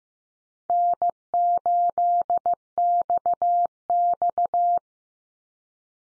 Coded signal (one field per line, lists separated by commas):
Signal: Morse code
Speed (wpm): 15 wpm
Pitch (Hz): 700 Hz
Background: none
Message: N8XX